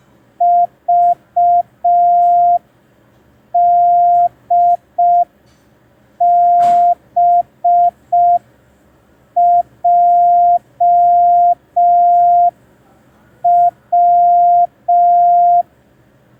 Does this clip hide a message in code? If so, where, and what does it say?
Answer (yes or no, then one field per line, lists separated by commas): yes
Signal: Morse code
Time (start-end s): 0.4-15.6 s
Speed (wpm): 5 wpm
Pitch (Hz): 700 Hz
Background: none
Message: VDBJW